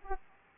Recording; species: mosquito wingbeat signal from an infrared sensor; Aedes aegypti